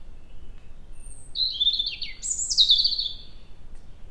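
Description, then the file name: European robin song phrase: a high, rippling run of whistled notes dipping lower, then a sudden jump to thin, very high twittering trills. "Erithacus rubecula"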